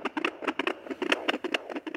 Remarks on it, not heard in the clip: Bought a Doppler machine so you could hear her heartbeat. Her heart beating.